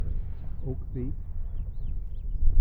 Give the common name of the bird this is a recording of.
House Finch